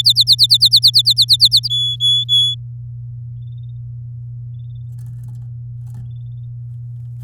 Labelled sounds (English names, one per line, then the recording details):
Domestic Canary song
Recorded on 9 May 2018 at 11:20
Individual llb16